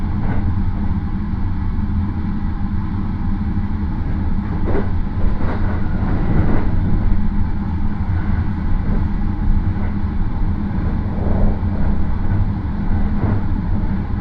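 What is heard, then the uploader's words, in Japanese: A Marine Liner rapid train on the Yosan Line, Takamatsu to Okayama, runs with a steady, heavy low rumble throughout. Brief rattles and clacks break through now and then, clustering around the middle, where the sound swells slightly before settling back. 予讃線 快速マリンライナー40号 高松→岡山。日も暮れてしまった。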